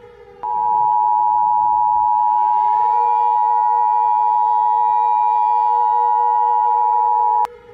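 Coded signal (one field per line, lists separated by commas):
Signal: Emergency Alert System (SAME) tones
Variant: 853 and 960 Hz attention tone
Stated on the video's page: Fictional mini alert scenario using valid SAME tones.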